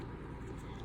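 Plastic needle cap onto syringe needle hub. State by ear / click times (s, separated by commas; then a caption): not seated / none. A plastic needle cap is gently eased back onto the needle hub of a slip tip syringe, with only a steady low rumble and no distinct sounds heard. The cap is still being handled, and nothing has seated or clicked yet.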